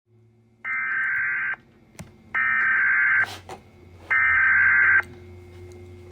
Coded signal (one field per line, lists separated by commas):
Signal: Emergency Alert System (SAME) tones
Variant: header bursts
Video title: EAS Mock - Tornado Warning EAS